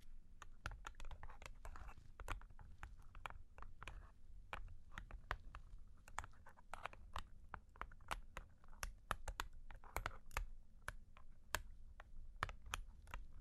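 Long claws tap and scratch in a quick, uneven patter, the sharp clicks landing several times a second with brief clusters and short pauses throughout. A low, steady rumble sits underneath the whole time, with faint scraping between the taps.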